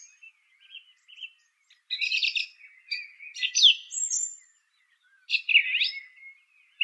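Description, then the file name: Song thrush song: scratchy, buzzy phrases alternating with thin high whistles, broken by short silences. "suara kicauan burung song thrush. omkicau"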